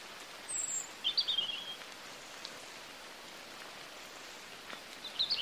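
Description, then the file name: European robin song: a high squeaky note, then a thin, scratchy warbled phrase, a long quiet spell, and a final brief phrase, all against rain-like hiss. "Erithacus rubecula"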